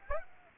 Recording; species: mosquito wingbeat signal from an infrared sensor; Aedes aegypti